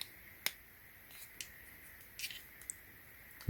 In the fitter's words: And you should press down both sides, and then when you hear click.